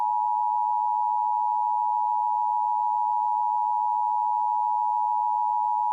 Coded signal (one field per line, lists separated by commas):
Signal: Emergency Alert System (SAME) tones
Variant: 853 and 960 Hz attention tone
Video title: The 90s Tornado. EAS SCENARIO